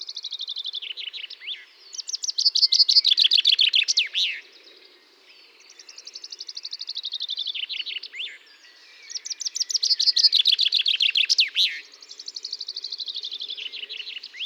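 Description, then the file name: Common chaffinch singing repeatedly, each descending trill ending in a quick flourish, with quieter songs alternating with louder ones, roughly every three to four seconds. "Fringilla coelebs"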